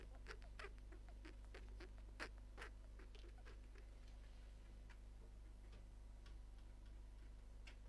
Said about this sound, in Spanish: Sí, Coronel Stauffenberg son ratas. Mis ratitas.